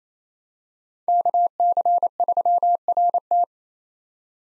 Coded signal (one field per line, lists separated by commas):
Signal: Morse code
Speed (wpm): 27 wpm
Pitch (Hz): 700 Hz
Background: none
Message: KC3RT